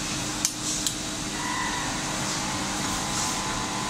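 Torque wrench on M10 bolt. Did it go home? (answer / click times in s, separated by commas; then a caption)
yes / 0.4 s. A torque wrench set and locked at 60 Nm is pulled on an M10 steel bolt until it clicks at the set torque. A sharp click sounds at 0.5 s, followed by a second, softer sharp tick at 0.9 s, over a steady background hum. The wrench clicks, showing the 60 Nm setting was reached.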